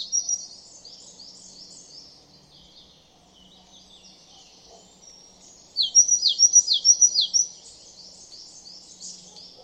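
Great tit calling, a quick run of several sharp, high descending notes after six seconds, with fainter similar notes earlier and soft background hiss.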